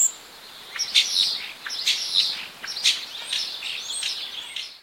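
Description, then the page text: Common starling giving squeaky, high chirps and clicks with a few drawn-out whistled notes, in an uneven, chattering stream. "Common Starling Singing Bird. knut the bird nerd"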